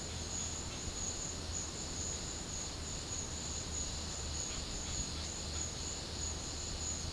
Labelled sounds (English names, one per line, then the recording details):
none
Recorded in pastures near Puerto Asís, Putumayo, Colombia, on 25 June 2025 at 12:30
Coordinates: 0.496, -76.326
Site GP01